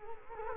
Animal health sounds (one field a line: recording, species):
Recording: mosquito wingbeat signal from an infrared sensor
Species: Culex quinquefasciatus